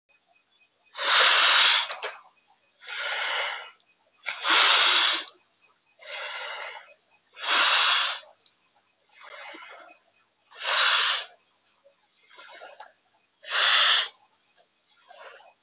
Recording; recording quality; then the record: deep breathing; excellent, no background noise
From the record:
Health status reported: healthy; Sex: male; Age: 27 years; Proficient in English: yes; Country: India